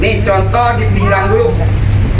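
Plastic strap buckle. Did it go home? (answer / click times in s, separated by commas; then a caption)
no / none. Someone talks while handling the plastic side-release buckle on the waist strap of a ship life jacket, fastening the waist buckle first. The buckle is meant to be pushed into the slot until it clicks, like a car seat belt. The clip ends before it goes home, so nothing has seated or clicked yet.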